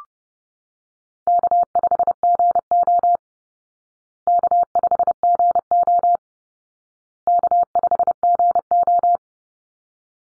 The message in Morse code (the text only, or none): K5GO K5GO K5GO